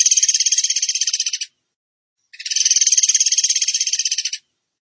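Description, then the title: Bird song made of two dense buzzy trills, pulsing rapidly and separated by a pause of under a second. Masteran (training) song in the 'tembakan gacor' style. "Masteran Burung Tembakan Gacor"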